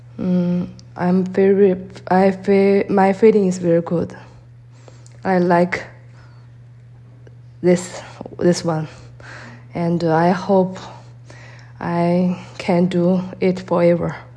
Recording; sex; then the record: free speech after running; female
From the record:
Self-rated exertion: moderate exertion (3 of 6); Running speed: 5 miles an hour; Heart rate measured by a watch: 101 beats a minute at the start, 98 at the end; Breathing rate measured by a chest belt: 9 breaths a minute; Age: 51 years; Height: 160 cm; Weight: 57 kg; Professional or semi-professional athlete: no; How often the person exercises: over 5 times a week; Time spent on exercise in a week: 1 to 2 hours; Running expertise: no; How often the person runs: under once a week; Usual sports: yoga